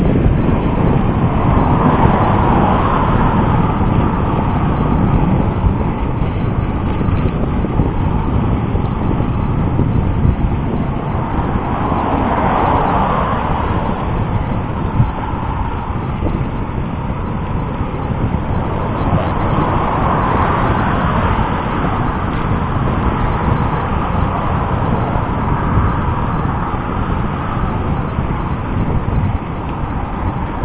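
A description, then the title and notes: Riding a bike downhill on Barbur, with steady rumbling wind noise over dull road roar and passing traffic swelling around 12 and 20 seconds. Barbur.northbound-viaducts. I usually don't ride this section of Barbur downhill since the bike lanes vanish over the viaducts.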